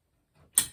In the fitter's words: Get the snap lock in until you hear that snap.